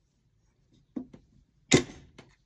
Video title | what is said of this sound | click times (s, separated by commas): The Burger Cradle spatula How To Build Invented by Rick Saint John | And then once you heard that snap, | 1.7 s